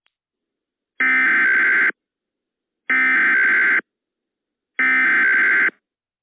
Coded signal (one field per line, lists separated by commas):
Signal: Emergency Alert System (SAME) tones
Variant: header bursts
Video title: EAS MOCK - The Severe Storm that wiped out Indiana and Kentucky